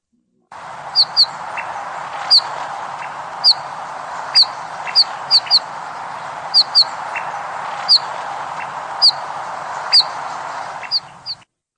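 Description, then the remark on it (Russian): Eurasian bullfinch calls: short, clear whistled notes repeated at irregular intervals, sometimes in quick pairs, over a steady background hiss. “Снегири.”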